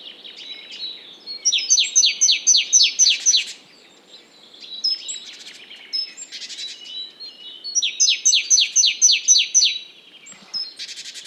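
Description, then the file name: Great tit calls: two quick runs of sharp descending notes, each followed by a harsh buzzy churr, with thin high notes between the runs. "Parus major"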